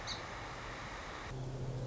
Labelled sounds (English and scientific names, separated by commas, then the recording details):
Song Sparrow (Melospiza melodia)
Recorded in Sonoma County, California